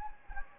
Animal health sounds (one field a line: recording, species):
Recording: mosquito wingbeat signal from an infrared sensor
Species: Anopheles gambiae